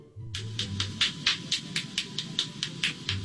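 About 13 sharp, dry pops follow in quick succession, roughly four a second and somewhat uneven, over a low steady hum. These are joint cracks, or cavitation, from an adult man consecutively cracking joints throughout his body, part of a run of 46 joints, a harmless finding.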